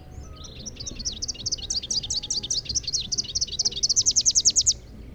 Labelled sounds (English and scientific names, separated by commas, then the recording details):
Rufous-capped Warbler (Basileuterus rufifrons) song
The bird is a male
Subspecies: rufifrons
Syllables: 47
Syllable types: 9
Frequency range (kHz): 2.6-7.0 kHz
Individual MO-BWS-M